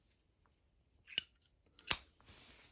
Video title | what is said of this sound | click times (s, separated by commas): Zippo's Repaired for FREE!!! Zippo Lifetime Guarantee | there it is you hear the click | 1.2 s, 1.9 s